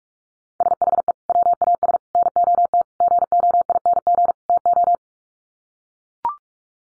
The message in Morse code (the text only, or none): SHE WAS NOT GOING TO